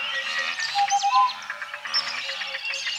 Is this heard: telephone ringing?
no